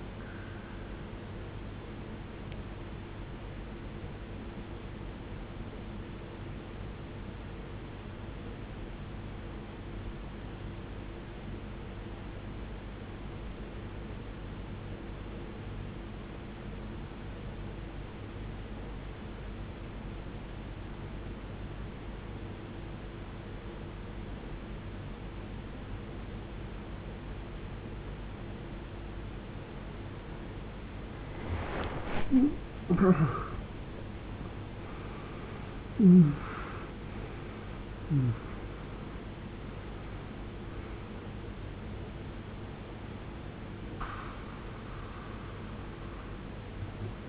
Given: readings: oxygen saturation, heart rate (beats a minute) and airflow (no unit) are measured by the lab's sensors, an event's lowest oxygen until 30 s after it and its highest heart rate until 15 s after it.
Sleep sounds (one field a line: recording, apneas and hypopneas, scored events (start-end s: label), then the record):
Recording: a person awake in a sleep study, by a voice recorder at the bedside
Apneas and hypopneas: 1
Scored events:
4.00-34.00 s: new sleep stage, awake
7.00-28.70 s: obstructive apnea (scored as awake, oxygen 94% highest, then 82% lowest, heart rate 50 at the start, 81 highest)
7.00-35.00 s: awake
34.00-47.29 s: new sleep stage, N1 (lightest sleep)
From the record:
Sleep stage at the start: N2 (light sleep)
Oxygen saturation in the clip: 81 to 94%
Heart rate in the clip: 50 to 81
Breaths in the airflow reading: 4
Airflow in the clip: -20.4 to 19.4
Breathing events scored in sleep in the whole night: 389 in 6.3 hours asleep